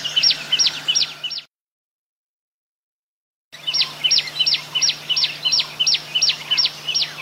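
Bird song: rapid, regularly repeated sharp chirping notes about three per second, broken by an abrupt two-second silence, with a steady low hum underneath.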